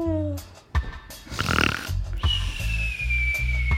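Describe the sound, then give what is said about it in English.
A drawn-out yawn, breathy and airy through the middle, then a long voiced sigh that slowly slides down in pitch. A low, steady hum runs underneath. “Yep, and then I yawn. And then you yawn, and...”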